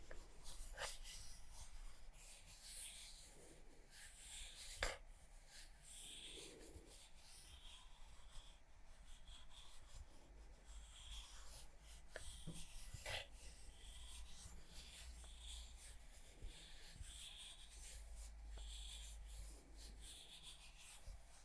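Soft scratching and brushing textures run steadily through the clip, with sharp tapping clicks standing out near 1, 5, 12 and 13 seconds. The sounds are crisp, layered over a low constant rumble, with occasional breathy rubbing in between.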